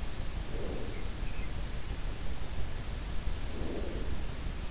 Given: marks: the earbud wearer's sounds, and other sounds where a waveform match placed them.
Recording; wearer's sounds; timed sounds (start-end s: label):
sounds in sleep by an in-ear microphone; breath
0.04-1.38 s: breath
3.36-4.46 s: breath